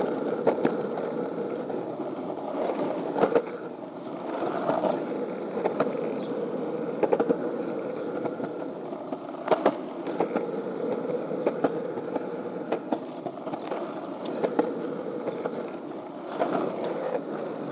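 A skateboard rolls steadily, its wheels giving a continuous low-to-mid rumble through the whole stretch. Sharp clacks and knocks break in every second or two, with sturdier hits near 3, 7, 9.5 and 16 seconds as the board crosses cracks or bumps.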